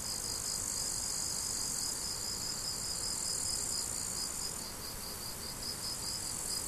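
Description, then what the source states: Crickets chirp in quick, even high pulses, nearly four per second, with a bright insect hiss that drops away partway through. Crickets, recorded 17 July 2012 with an MZ-N710 recorder.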